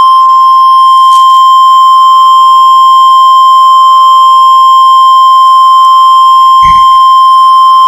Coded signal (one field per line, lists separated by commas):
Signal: Emergency Alert System (SAME) tones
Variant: 1050 Hz attention tone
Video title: MOCK Typhoon Warning EAS